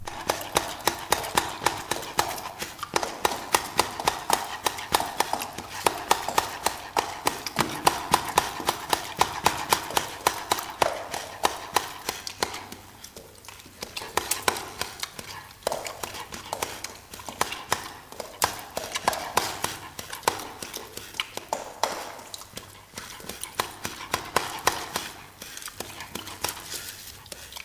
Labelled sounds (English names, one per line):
Chimpanzee call